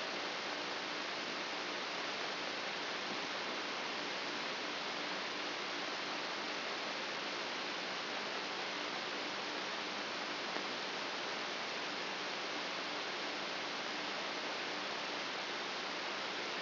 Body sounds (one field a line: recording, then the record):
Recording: brain microelectrode recording played as sound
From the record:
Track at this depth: inside the subthalamic nucleus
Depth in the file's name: 1.427 mm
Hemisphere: left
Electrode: 3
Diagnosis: Parkinson's disease